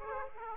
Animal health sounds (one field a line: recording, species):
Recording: mosquito wingbeat signal from an infrared sensor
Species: Aedes aegypti